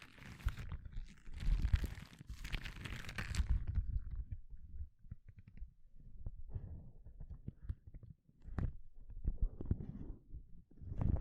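Gloves being handled, with a dense, bright rustling and squeaking for the first four seconds. After that the sounds turn sparser and lower: soft thuds, creaks and short scrapes come in irregular bursts, with a few sharper snaps near eight and a half and ten seconds.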